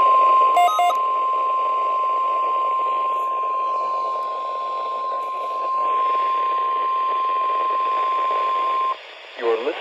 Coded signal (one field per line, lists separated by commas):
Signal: Emergency Alert System (SAME) tones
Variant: 1050 Hz attention tone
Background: speech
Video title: EAS 147: Required Weekly Test for the week of 10/25/2021